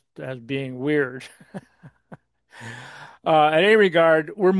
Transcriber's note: laughs